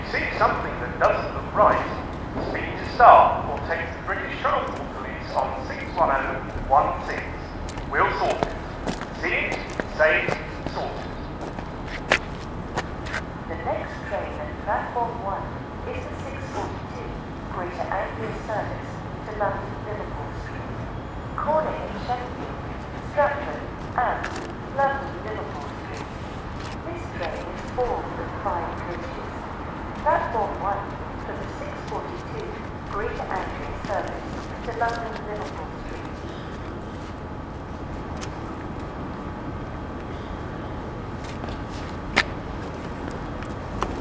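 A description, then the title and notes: Early morning on a cold station platform: scattered voices talk throughout, busiest in the first half and thinning later. Sharp clacks and footstep-like knocks come irregularly, over a steady low hum with a faint high whine that fades after about ten seconds. Captured early in the morning on a cold station platform. The temperature is -3c and the people waiting for the train are wearing winter clothing.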